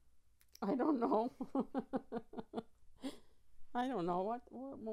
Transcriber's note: she laughs